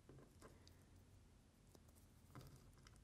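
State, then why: Not seated. A cap rivet post is placed through the back of a faux leather bracelet before the caps are snapped onto the front. Only small, soft handling sounds and light taps are heard, with brief ticks near 0.7, 2.4 and 2.9 seconds. Nothing has snapped or seated yet.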